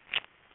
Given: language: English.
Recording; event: throat vibration sensor signal played as sound; swallow